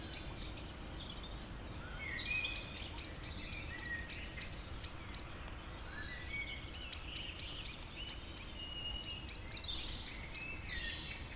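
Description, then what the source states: Birds singing, a mix of sweeping whistled notes and fast repeated high chirps in bursts, several birds overlapping above low rumble. Evening village birds in Tregastel, Pleumeur-Bodou, France, around 8 pm, humid weather, April 2019; recorded with MKH 8040 ORTF pair, Rycote windshield, Zoom H5.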